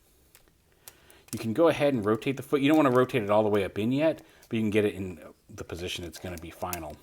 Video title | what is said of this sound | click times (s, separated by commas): Video Review: Fans Toys FT-51 CHOMP | rotates around on this hinge and comes up and snaps into place right there | 0.9 s